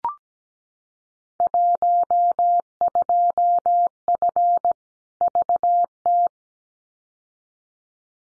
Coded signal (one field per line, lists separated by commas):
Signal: Morse code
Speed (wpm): 17 wpm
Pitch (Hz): 700 Hz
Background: none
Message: 12F VT